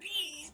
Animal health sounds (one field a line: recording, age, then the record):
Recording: pig call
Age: piglet (1 to 25 days)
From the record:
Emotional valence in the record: negative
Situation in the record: restrain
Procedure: sham castration, cut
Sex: male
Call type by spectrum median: high-frequency call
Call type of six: high-frequency stable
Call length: 0.54 s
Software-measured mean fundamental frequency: 129 Hz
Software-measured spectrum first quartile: 2908 Hz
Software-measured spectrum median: 3323 Hz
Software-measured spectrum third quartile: 5298 Hz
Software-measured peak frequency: 3112 Hz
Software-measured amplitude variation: 141 dB a second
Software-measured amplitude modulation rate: 12.1 a second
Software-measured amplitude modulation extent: 11.7 dB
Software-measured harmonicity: 9.8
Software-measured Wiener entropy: -3.15